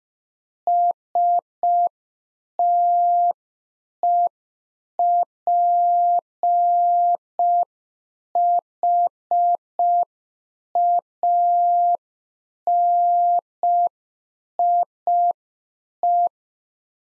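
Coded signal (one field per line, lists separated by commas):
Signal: Morse code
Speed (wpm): 5 wpm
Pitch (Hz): 700 Hz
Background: none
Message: STEPHANIE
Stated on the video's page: Practice QSO exchange (rig, antenna, weather) sent in Morse at 5 wpm for head-copy drill.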